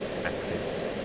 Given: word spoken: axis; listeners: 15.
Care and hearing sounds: one English word in noise, from a listening test; speech-shaped noise; -6.5 dB; 1 of 15; 13 of 15; 0.65 s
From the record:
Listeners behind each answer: 13, 1, 1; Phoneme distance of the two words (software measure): 10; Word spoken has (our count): 2 syllables, 5 phonemes, stress on syllable 1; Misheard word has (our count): 2 syllables, 5 phonemes, stress on syllable 1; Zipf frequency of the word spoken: 3.25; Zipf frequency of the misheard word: 4.75

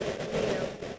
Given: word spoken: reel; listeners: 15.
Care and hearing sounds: one English word in noise, from a listening test; noise modulated by three-talker babble; -5.9 dB; 0 of 15; 6 of 15; 0.59 s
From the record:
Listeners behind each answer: 6, 2, 1, 1, 1, 1, 1, 1, 1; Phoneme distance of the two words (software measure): 10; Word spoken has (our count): 1 syllable, 3 phonemes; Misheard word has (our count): 1 syllable, 3 phonemes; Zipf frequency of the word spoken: 3.56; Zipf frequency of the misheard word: 5.53

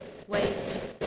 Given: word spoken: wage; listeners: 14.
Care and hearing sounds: one English word in noise, from a listening test; noise modulated by three-talker babble; -3.1 dB; 2 of 14; 9 of 14; 0.67 s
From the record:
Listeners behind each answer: 9, 2, 2, 1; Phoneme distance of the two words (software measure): 10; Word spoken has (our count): 1 syllable, 3 phonemes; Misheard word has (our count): 1 syllable, 3 phonemes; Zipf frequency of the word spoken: 4.17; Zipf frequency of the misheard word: 5.37

